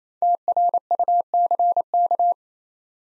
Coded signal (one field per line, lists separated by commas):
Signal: Morse code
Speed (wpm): 28 wpm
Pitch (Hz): 700 Hz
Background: none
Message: TRUCK